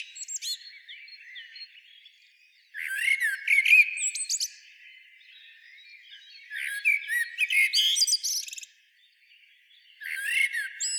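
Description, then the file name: Common blackbird sings four separate phrases, rich low whistles followed by squeaky high twittering, with short quiet gaps between. "Turdus merula"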